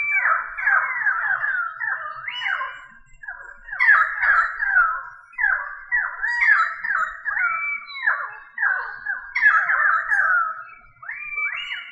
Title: manok ostrali